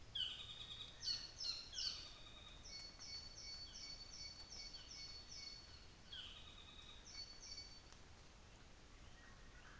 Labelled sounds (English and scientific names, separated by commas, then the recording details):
North Island Saddleback (Philesturnus rufusater)
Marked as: faintness 3/5
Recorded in New Zealand on 24 December 2018
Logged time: 10:15